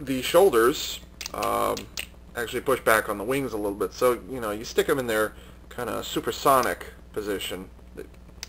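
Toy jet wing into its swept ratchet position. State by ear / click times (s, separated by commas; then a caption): seated / 8.4 s. Someone talks while sweeping the toy jet's wings, which sit on ratchet joints, back into their supersonic position. The wing ratchet joint clicks into place at 8.4 s with a sharp, short click, seating the wing in its swept position.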